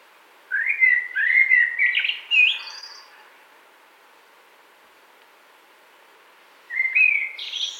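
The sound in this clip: Common blackbird song: rich, flute-like warbled notes rising into a sharp high twitter, a long gap, then the next phrase starts with whistled notes.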